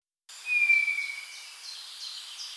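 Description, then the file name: Eurasian bullfinch call: one soft, pure piped whistle sliding slightly downward, against a noisy background. "Pyrrhula pyrrhula"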